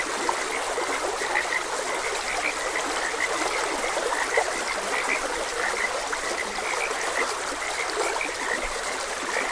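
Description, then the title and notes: Chorus of frogs, continuous overlapping croaks at a fairly high pitch, with the constant rush of a flowing stream underneath. Frogs croaking beside a gentle stream. "Gentle Stream and Frogs Croaking. Sleep and Relaxation Podcast"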